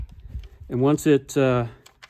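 A loaded steel en bloc clip is handled at the top of the open action of an M1 Garand semi-automatic match rifle, ready to be slid into the magazine well. Someone talks while a few faint, brief taps sound in the background. Nothing has seated or clicked yet; the clip is not home.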